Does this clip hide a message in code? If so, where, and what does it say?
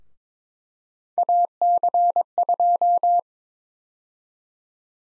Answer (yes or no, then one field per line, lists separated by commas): yes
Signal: Morse code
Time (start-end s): 1.2-3.2 s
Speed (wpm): 22 wpm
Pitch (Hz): 700 Hz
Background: none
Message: AC2